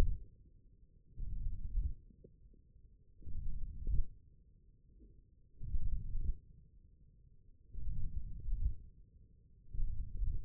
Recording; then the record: forearm muscle sounds (acoustic myography)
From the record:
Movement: radial deviation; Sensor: system 1, eight BSWA MPA416 microphones around the upper forearm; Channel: 1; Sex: male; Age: 20 years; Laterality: left